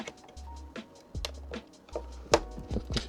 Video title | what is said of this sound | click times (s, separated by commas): Robotic arm part 1 and Bambu Lab A1 unboxing | Push it in. You hear a click. It should be firm. | 2.3 s